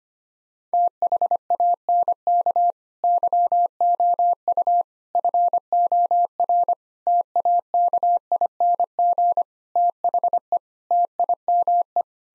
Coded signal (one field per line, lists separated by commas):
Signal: Morse code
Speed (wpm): 25 wpm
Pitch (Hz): 700 Hz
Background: none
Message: THANK YOU FOR TAKING THE TIME